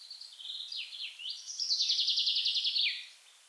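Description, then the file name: Common chaffinch song, a few separate falling notes giving way to a fast rattling trill and a final downward flourish, about three seconds long. "Fringilla coelebs"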